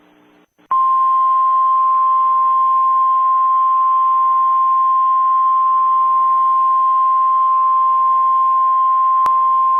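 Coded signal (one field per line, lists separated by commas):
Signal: Emergency Alert System (SAME) tones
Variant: 1050 Hz attention tone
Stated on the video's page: Mock comedy alert, not a real tornado watch.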